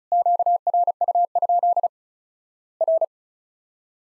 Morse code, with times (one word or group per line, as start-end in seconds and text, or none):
0.1-1.9 QRU?
2.8-3.0 R